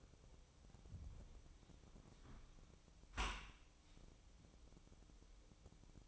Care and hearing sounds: daily activity, microphone in the room; close dishwasher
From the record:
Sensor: 1

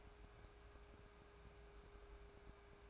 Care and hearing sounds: daily activity, microphone in the room; take from stove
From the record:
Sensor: 2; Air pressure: 1010.2 hPa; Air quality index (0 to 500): 161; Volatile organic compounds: 7 ppm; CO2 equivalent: 2016 ppm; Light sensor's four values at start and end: 41/99/44/50 and 41/100/45/50

